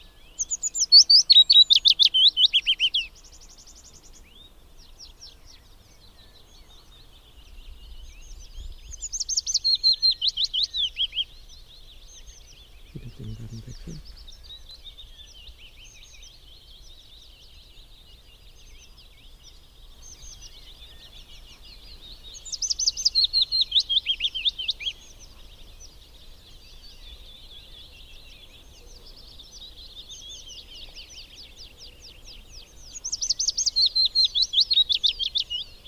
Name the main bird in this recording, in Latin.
Phylloscopus trochilus